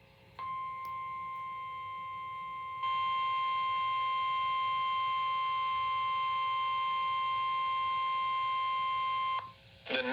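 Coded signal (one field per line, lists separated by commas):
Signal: Emergency Alert System (SAME) tones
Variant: 1050 Hz attention tone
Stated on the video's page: Severe Thunderstorm Warning from the National Weather Service Houston/Galveston office for southeastern Texas counties.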